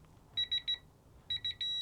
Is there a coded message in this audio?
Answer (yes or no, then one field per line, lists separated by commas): no